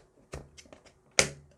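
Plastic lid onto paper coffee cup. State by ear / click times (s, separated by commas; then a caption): seated / 1.2 s. A thick white plastic lid is pressed down onto a colored paper cafe cup. A few softer taps and rustles lead up to a sharp, loud snap at 1.2 seconds, when the lid snaps into place and is seated.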